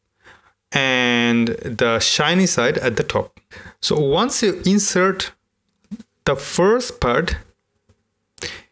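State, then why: Seated. Someone talks as a plastic 35mm film holder is pushed into the slot of a Plustek OpticFilm 8100 dedicated 35mm film scanner until it stops at the first frame position. A sharp little click is heard at 8.4 s as the holder seats into the scanner's detent, locking it in place.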